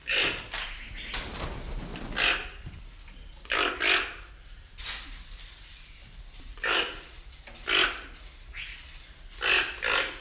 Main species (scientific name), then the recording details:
Ramphastos toco. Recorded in captivity. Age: adult. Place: Zoo Berlin, Berlin, DE. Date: 1993-03-06 10:54. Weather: 3-6 °C, heiter bis wolkig. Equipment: Marantz CP 430, Sennheiser ME 80, Kopie Uher Variocord 263. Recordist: Tembrock, Günter